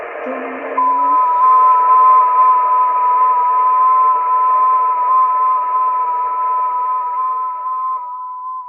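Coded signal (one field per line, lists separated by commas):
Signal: FT8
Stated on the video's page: FT8 contacts on the 6 m band during a live stream.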